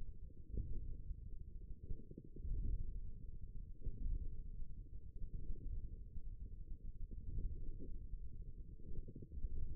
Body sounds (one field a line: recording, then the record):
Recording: forearm muscle sounds (acoustic myography)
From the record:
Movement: ulnar deviation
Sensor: system 1, eight BSWA MPA416 microphones around the upper forearm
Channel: 3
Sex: male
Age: 54 years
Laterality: right